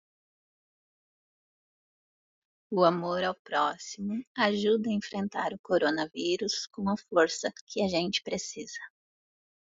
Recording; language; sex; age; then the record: spoken sentence; Brazilian Portuguese; female; 30 to 39 years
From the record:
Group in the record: control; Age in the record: 38 years